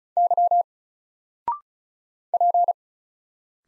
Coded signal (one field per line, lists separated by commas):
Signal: Morse code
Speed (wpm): 36 wpm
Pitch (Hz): 700 Hz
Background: none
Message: Y P